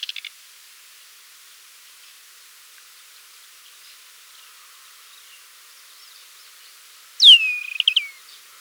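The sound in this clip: Desert wheatear song: a brief burst of notes, a long quiet pause, then one sharp whistle sliding steeply down, followed by a few quick clicks.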